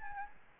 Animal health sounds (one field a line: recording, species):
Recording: mosquito wingbeat signal from an infrared sensor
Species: Aedes albopictus